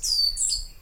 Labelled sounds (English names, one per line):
Stitchbird song